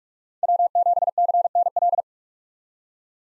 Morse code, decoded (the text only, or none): W7CNL